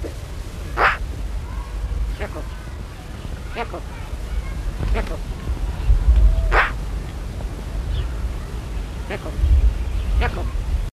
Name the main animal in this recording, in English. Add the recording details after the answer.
Eurasian Magpie. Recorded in captivity. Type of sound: call. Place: Tierpark Recklinghausen, Nordrhein-Westfalen, DE. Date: 1969-02-09. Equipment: Halbspur, 9,5 cm/s. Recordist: Lütgens, Hans. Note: Rufe